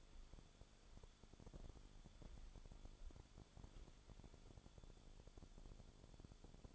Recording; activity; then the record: daily activity, microphone in the room; walk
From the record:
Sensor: 5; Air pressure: 1015.4 hPa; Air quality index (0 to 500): 172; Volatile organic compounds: 6 ppm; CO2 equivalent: 1868 ppm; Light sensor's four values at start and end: 31/72/28/26 and 33/76/30/28